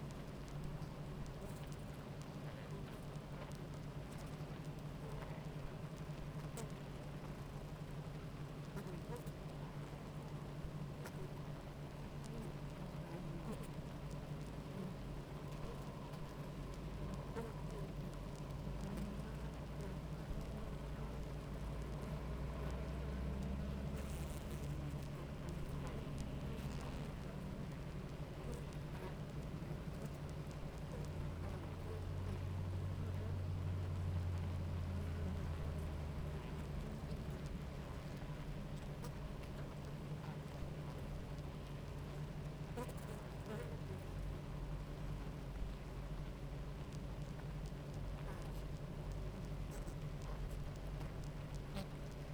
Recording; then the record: honeybee colony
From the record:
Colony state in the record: active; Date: 28 July 2017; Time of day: 10:04